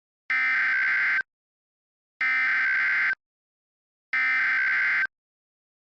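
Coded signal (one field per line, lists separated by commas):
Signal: Emergency Alert System (SAME) tones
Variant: header bursts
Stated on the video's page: Fictional EAS scenario, not a real alert.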